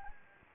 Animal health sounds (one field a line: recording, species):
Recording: mosquito wingbeat signal from an infrared sensor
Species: Anopheles gambiae